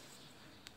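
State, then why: Seated. A modular socket module is pressed into a switchboard mounting plate, where an internal lock catches it. Over a steady low background, a short, sharp click sounds at 0.7 s as the module snaps and locks into the plate, fully seated.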